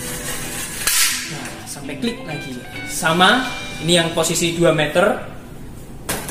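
A section of a telescoping survey leveling staff is pulled out until its spring lock drops into the hole and clicks into place at 0.9 s, locking the staff at the 2-meter position. The section has to go until it clicks, because a lock that is not properly seated causes a reading error. Someone talks throughout.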